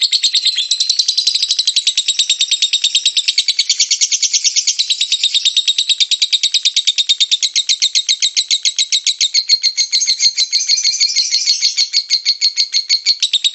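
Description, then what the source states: Lovebird chattering call: unbroken, rapid, shrill pulsing chatter sustained throughout at an even, high pitch. Lutino lovebird; ngekek chattering call, used for training.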